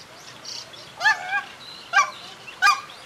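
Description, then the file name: Lesser White-fronted Goose calls: a few sharp, squeaky yelps spaced under a second apart, with soft, faint calls before them. "karigane"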